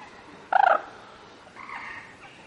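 Common moorhen call: a short, harsh, rapidly pulsed croak, followed a second later by a fainter drawn-out note over a quiet background hiss.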